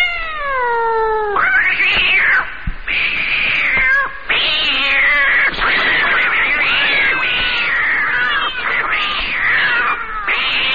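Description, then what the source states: Cats yowling and screeching harshly in long loud squalls broken by short pauses. Cats fighting.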